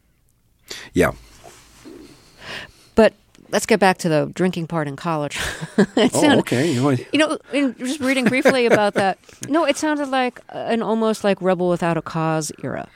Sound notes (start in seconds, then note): 5.6 laughter; 7.9 laughter